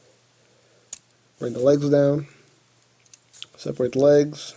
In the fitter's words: And now you're going to take this whole section here, bring this up, and we'll lock into place.